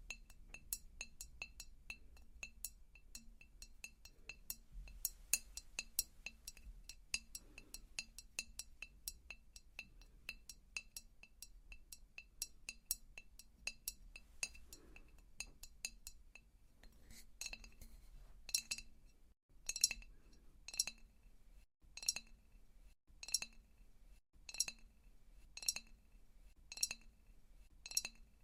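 Tapping triggers: sharp, bright taps with a glassy clink, coming quickly and irregularly through the first half. Around seventeen seconds they change to a slower, steady rhythm of louder, evenly spaced taps about once a second, over a low steady hum.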